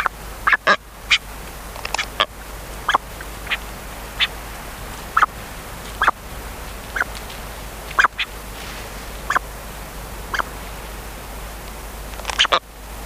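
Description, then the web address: Brown booby calls: short, harsh quack-like notes given singly at irregular intervals over a steady hiss of background noise. "sikioto. katsuodori"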